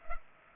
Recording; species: mosquito wingbeat signal from an infrared sensor; Culex pipiens